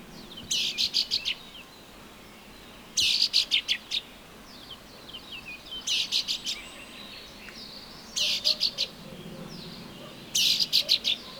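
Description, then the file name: Common chaffinch calls: short bursts of several sharp, high metallic notes, repeated roughly every two and a half seconds, with faint other chirps between. "Fringilla coelebs"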